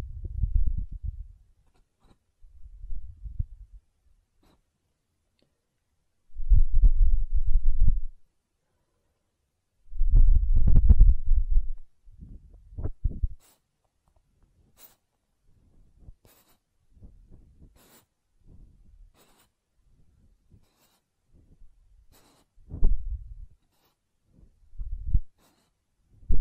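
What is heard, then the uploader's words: Muffled rumbling bursts of ear cleaning and blowing come in short clusters, loudest near the start, around 6 to 8 seconds and 10 to 13 seconds. Between them, quiet scratchy clicks and faint rustles sound. ASMR Ear Cleaning and Blowing (No Talking).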